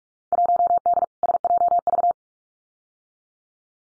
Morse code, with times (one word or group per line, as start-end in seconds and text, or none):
0.3-1.0 1D
1.2-2.1 SJV